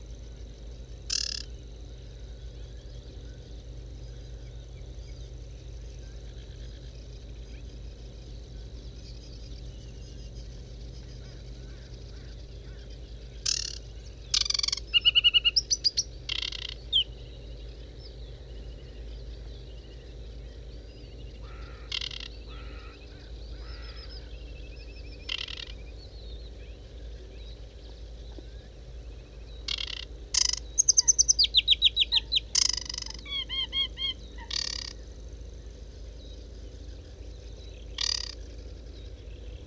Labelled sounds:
Aquatic Warbler song
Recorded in the wild
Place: Rietzer See, Brandenburg, DE
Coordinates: 52.37, 12.65
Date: 1968-06-16
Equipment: NAGRA III BH, Sennheiser MD21 mit Reflektor (d=75 cm, Glasfiber) und Stativ
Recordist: Schubert, Michael

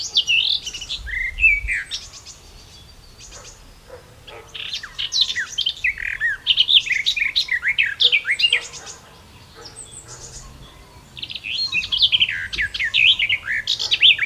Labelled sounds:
Garden Warbler song
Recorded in the wild
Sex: male
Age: adult
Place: Schloß Holte-Stukenbrock, Senne, Nordrhein-Westfalen, DE
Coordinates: 51.8711, 8.6625
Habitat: farm
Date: 1973-06-03
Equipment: Uher 4200 Report Stereo, Bändchenmikro Beyer M 260, Parabolspiegel Polyester (600 mm)
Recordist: Conrads, Klaus

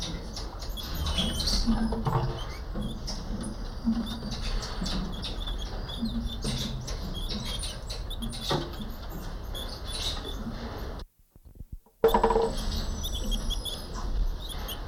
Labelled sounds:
Cottontop Tamarin call
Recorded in captivity
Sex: group
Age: diverse
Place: Primatenstation Kassel, Hessen, DE
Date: 1995-09-24 14:01
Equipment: Sony WM-D6C, Sennheiser ME 80, Kopie Uher 4000 Report Monitor
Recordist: Tembrock, Günter

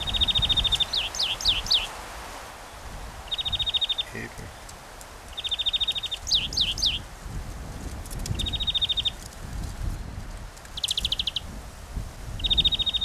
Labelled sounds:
European Greenfinch song
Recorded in the wild
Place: Oberstdorf, Bayern, DE
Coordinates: 47.3764, 10.3003
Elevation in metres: 914
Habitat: mountains
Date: 1985-03-31
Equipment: Uher 4000 Report, Sennheiser MKH 815 T
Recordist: Tretzel, Erwin

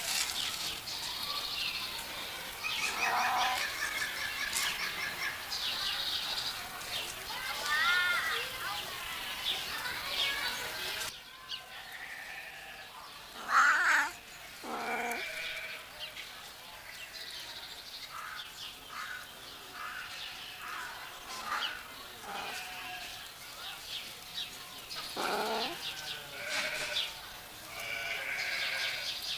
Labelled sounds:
Wildcat call
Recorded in captivity
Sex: male
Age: adult
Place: Tierpark Berlin, Berlin, DE
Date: 1983-03-12 11:25
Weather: sunny, -2° to 2°, no wind
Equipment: Nagra SN, Sennheiser MKH 416 T, Kopie Uher 4000 Report Monitor
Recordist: Tembrock, Günter

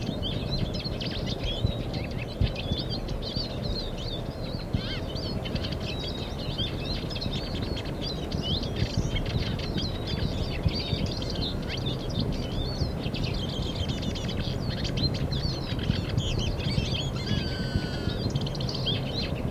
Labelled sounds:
Eurasian Siskin
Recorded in the wild
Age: adult
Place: Mirnock, Kärnten, AT
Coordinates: 46.758, 13.714
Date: 1967-03-12
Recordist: Brunner, Thomas

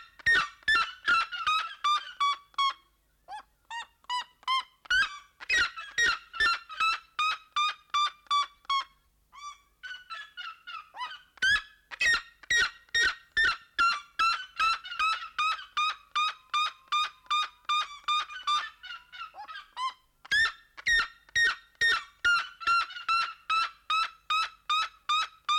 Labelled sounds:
Black-legged Seriema call
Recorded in captivity
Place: Zoo Berlin, Berlin, DE
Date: 1992-08-01 11:55
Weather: sonnig, 24-26°C
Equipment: Marantz CP 430, Sennheiser ME 80, Kopie Tesla B 116
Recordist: Tembrock, Günter

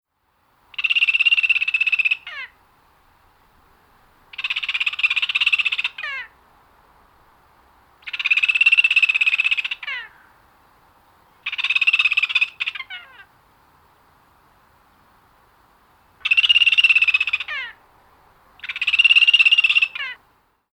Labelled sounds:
Kea
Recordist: Tembrock, Günter
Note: Rufe

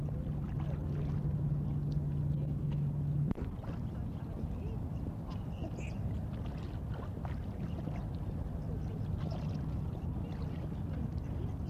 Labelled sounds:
Red-crested Pochard call
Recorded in captivity
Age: adult
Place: Tierpark Berlin, Berlin, DE
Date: 1964-01-04
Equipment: R 20
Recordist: TSA

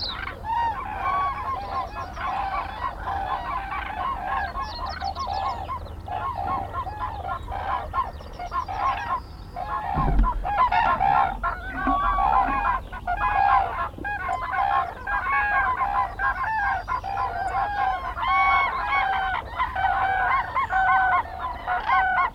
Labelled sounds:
Common Crane call
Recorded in the wild
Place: Trent, Insel Rügen, Mecklenburg-Vorpommern, DE
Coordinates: 54.495, 13.302
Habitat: Forest
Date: 1977-03-27 09:37
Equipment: Nagra III BH, Sennheiser MD 21, parabola
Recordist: Schubert, Michael

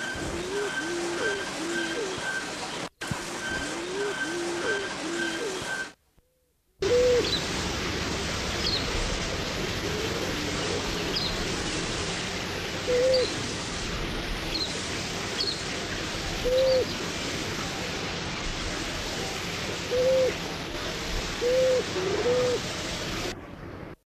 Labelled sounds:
Spinifex Pigeon call
Little Bee-eater
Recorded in captivity
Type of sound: call
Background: Merops pusillus
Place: Vogelpark Walsrode, Niedersachsen, DE
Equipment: Halbspur, 9,5 cm/s
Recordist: Lütgens, Hans
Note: Rufe

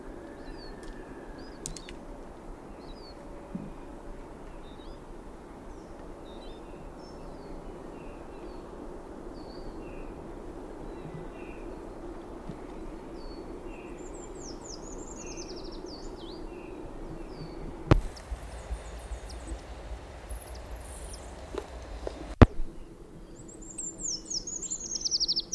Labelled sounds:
Eurasian Treecreeper song
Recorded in the wild
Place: Garmisch-Partenkirchen, Bayern, DE
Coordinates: 47.4917, 11.0794
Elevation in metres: 703
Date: 1967-03-25
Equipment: Nagra
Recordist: Tretzel, Erwin

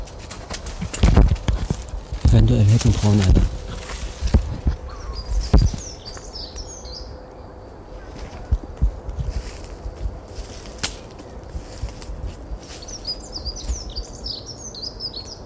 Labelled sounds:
Dunnock song
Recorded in the wild
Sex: male
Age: adult
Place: Malchower Aue, Berlin, DE
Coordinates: 52.5808, 13.4886
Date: 1990-04-06 19:56
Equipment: Riporter 6 RG-K, Halbspur, Sennheiser MKH 416 T
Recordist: Frommolt, Karl-Heinz

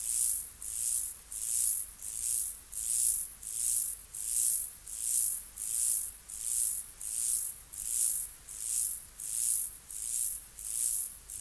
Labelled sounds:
Mottled Grasshopper stridulation
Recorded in the wild
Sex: male
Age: imago
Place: Mühlenbecker Land, OT Zühlsdorf, Briesetal, Brandenburg, DE
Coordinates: 52.7333, 13.3833
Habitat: pine stand
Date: 1983-08-27 17:50
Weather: sunny, 23°C
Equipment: Nagra SN (Automatic), Sennheiser MKH 416 T, Kopie Uher 4000 Report Monitor
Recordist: Tembrock, Günter
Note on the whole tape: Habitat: Kiefernheide bei Zühlsdorf, xerotherm. Mehrere Strophen, darunter eine extrem lange

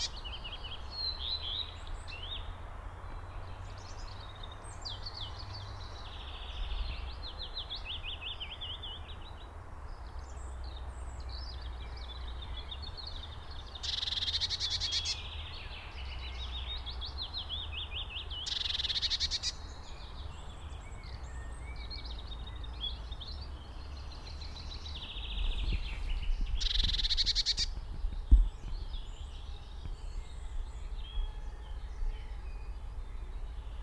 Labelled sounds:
Eurasian Blue Tit call
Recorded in the wild
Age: adult
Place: Schönow, Naturpark Barnim, Brandenburg, DE
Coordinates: 52.6817, 13.5022
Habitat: mixed wood
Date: 2013-05-11 20:03
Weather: cloudy, windless, 15°C
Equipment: Sound Devices 702, Sennheiser MKH 70, Rycote Windschutz
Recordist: Frommolt, Karl-Heinz
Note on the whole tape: Naturschuztgebiet Schönower Heide: Zetern einer Blaumeise. Entfernung 10 m

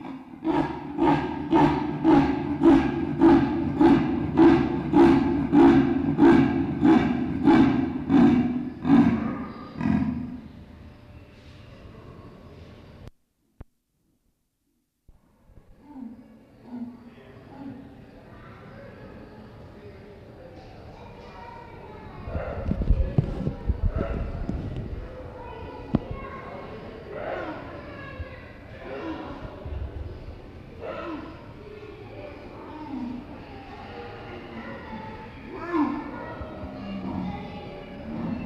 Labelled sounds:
Leopard call
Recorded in captivity
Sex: female
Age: adult
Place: Tierpark Berlin, Berlin, DE
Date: 1965-01-31 13:00
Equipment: Telefunken Magnetophon 300, Sennheiser MD 421, Transistorverstärker 2
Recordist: Tembrock, Günter

